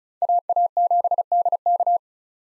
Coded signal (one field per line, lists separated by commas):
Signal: Morse code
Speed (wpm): 36 wpm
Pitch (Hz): 700 Hz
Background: none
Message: AA7DK